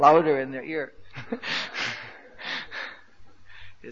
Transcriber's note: laughter